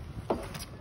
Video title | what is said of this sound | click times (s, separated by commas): Gb Pockit+ All City Stroller for Rent Only | tanggalin niyo lang po ung lock dito sa gitna on puti yan | 0.3 s